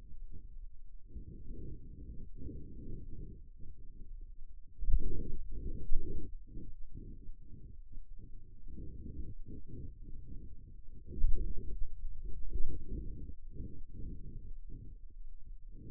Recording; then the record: forearm muscle sounds (acoustic myography)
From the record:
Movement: pen grasping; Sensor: system 2, bracelet of six BSWA MPA416 microphones around the upper forearm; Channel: 6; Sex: male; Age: 22 years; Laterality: right